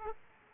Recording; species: mosquito wingbeat signal from an infrared sensor; Aedes aegypti